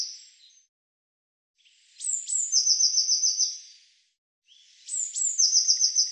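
Eurasian blue tit gives high, sharp introductory notes followed by a quick ringing trill, heard twice with quiet between.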